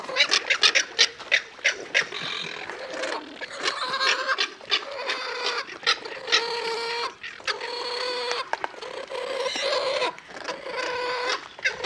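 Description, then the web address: Jabiru squawks, hoarse drawn-out harmonic calls repeated in long bursts, with sharp dry clicks and clatter between them. Recorded in the Pantanal. "sescpantanal. Tuiuiu"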